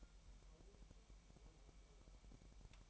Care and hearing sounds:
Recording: daily activity, microphone in the room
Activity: take from stove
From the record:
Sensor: 1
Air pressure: 1002.0 hPa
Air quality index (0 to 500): 246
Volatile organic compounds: 50 ppm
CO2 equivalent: 3292 ppm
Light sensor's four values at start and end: 5/12/5/5 and 5/12/5/6

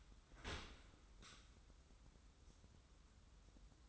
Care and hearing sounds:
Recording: daily activity, microphone in the room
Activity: open dishwasher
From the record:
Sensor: 3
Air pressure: 994.4 hPa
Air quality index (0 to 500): 209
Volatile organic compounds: 1000 ppm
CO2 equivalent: 6993 ppm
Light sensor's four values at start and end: 212/513/218/219 and 213/514/218/219

